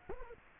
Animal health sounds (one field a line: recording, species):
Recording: mosquito wingbeat signal from an infrared sensor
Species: Culex quinquefasciatus